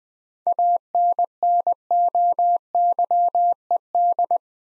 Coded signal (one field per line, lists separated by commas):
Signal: Morse code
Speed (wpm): 20 wpm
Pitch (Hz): 700 Hz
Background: none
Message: ANNOYED